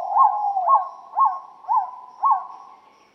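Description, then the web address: Bird giving evenly spaced hooting notes that rise and fall, about two per second, over a faint continuous tone. Recorded in Peru. "inkaterra asociacion org. back tailed"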